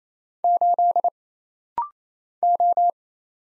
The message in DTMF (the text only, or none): none